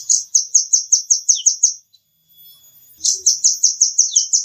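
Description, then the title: Nuthatch giving two rapid series of high, piping notes, each about eight to ten notes long, separated by a brief quiet gap. "Suara burung rambatan"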